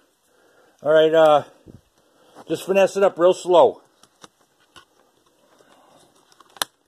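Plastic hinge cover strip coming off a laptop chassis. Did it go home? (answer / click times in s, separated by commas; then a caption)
released / 6.6 s. Someone talks while slowly prying up the plastic hinge cover strip above the keyboard of an old Dell Latitude laptop (D610, D620, D630 or D820). A few faint ticks follow. The strip's clips release with a sharp click at 6.6 s, and the cover comes loose from the chassis.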